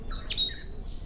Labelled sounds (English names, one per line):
Stitchbird song